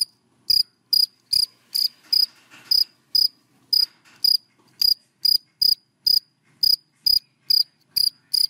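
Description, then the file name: Cricket giving high chirps, about two per second, with faint rustling between pulses in the first few seconds. Crickets calling, given by the Vietnamese names dế mèn, dế cơm and dế than. "Tieng de men de com de than keu"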